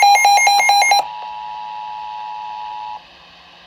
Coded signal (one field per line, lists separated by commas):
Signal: Emergency Alert System (SAME) tones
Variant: 853 and 960 Hz attention tone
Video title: EAS#96 Tornado Warning